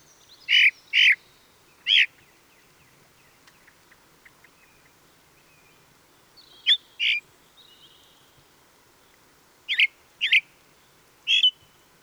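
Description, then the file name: Ring ouzel song: clear, loud phrases of two or three rough piping notes, repeated three times with pauses between, and faint ticking in the background. Song; recorded on 26 April 2014. "Ringdrossel. Michle Pron"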